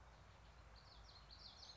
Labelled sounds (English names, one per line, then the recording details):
Common Yellowthroat
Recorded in Sonoma County, California